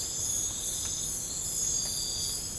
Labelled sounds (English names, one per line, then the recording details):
none
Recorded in pastures near Puerto Asís, Putumayo, Colombia, on 20 December 2024 at 02:30
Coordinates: 0.496, -76.326
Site G004